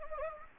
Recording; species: mosquito wingbeat signal from an infrared sensor; Anopheles gambiae